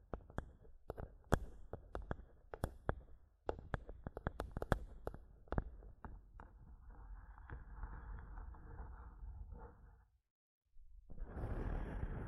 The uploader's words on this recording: ASMR Mic Tapping and Scratching (No Talking).